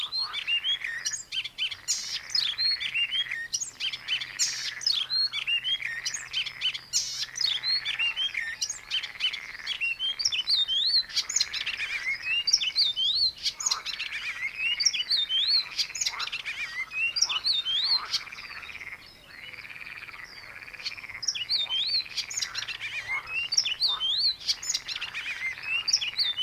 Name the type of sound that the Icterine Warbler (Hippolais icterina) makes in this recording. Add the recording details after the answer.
song. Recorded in the wild. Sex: male. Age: adult. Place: Baiersdorf, Bayern, DE. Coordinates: 49.6578, 11.0319. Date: 1962-06-17. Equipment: Stellavox SM 5, Vorverstärker, Original, Vollspur. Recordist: Tretzel, Erwin